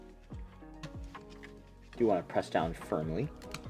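A DDR4 memory stick is being handled over an opened motherboard DIMM slot, with faint light ticks near 0.8, 1.2 and 1.4 seconds over background music. Someone talks from about 2.0 seconds. Nothing has seated or clicked yet.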